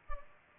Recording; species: mosquito wingbeat signal from an infrared sensor; Culex pipiens